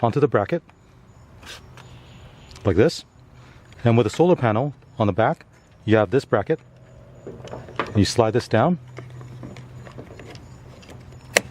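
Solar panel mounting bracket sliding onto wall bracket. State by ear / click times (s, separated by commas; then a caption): seated / 11.4 s. Someone talks while the plastic mounting bracket on the back of the detachable solar panel for an outdoor solar light is slid down onto its mating wall bracket, with a few faint small knocks along the way. A sharp, loud click at 11.4 s marks the bracket latching into place, and the panel is seated.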